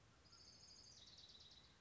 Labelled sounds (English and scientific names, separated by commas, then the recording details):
Orange-crowned Warbler (Leiothlypis celata)
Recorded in Sonoma County, California